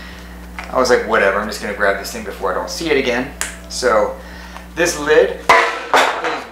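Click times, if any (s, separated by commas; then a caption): 5.9 s. A cap is put back onto a cologne bottle while someone talks, giving one knock at 5.9 s as it goes on. The lid sits tight but does not click firmly into place, so the bottle can come off with the lid if it is picked up by the cap.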